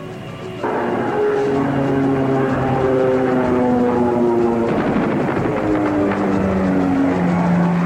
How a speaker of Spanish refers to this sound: Los aviones que sobrevolaban la Casa Rosada no dejaban lugar para demasiadas dudas.